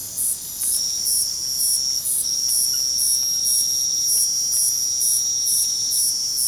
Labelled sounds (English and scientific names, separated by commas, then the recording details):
none
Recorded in pastures near Puerto Asís, Putumayo, Colombia, on 29 June 2025 at 23:30
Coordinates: 0.497, -76.327
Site G040